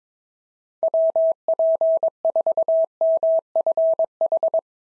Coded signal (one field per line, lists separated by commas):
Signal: Morse code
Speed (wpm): 22 wpm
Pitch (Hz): 650 Hz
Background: none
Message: WP4MFH